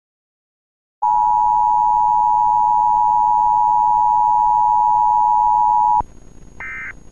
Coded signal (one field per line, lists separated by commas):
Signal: Emergency Alert System (SAME) tones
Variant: 853 and 960 Hz attention tone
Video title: "Emergency Alert System" EAS